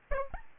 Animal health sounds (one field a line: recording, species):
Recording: mosquito wingbeat signal from an infrared sensor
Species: Aedes albopictus